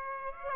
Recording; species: mosquito wingbeat signal from an infrared sensor; Aedes aegypti